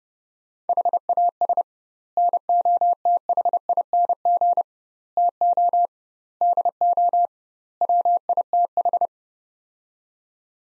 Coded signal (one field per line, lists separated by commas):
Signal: Morse code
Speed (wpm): 32 wpm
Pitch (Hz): 700 Hz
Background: none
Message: HAS NOTHING TO DO WITH